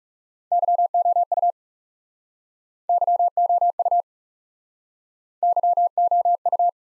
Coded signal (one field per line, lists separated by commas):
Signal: Morse code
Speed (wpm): 40 wpm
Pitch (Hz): 700 Hz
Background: none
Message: YOU YOU YOU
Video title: Top 180 QSO Elements - Speed-Racing - 30wpm